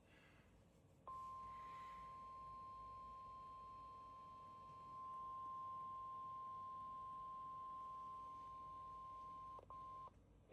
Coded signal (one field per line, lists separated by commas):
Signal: Emergency Alert System (SAME) tones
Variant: 1050 Hz attention tone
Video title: EAS #24 | PBZ Required Weekly Test